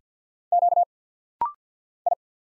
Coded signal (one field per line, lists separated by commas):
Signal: Morse code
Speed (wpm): 51 wpm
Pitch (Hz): 700 Hz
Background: none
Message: Q I